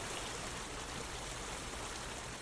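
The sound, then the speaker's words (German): A small stream in a forest babbles steadily, a continuous soft rush and trickle of water that stays even and unbroken throughout, with no voices. “Und du kommst allerdings, nachdem du ja ein bisschen reingegangen bist in den Wald, kommst zu diesem Bächlein ein bisschen näher.”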